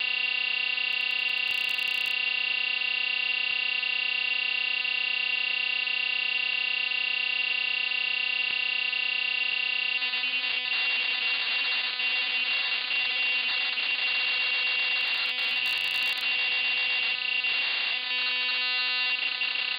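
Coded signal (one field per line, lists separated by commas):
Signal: computer data on cassette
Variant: MSX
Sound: steady buzzing lead tone, then a harsh screeching data warble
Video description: I've included the tediously long cassette loading sequence, so you can get a feel for the horrible experience that comes with having to load games from cassettes on the MSX homecomputer.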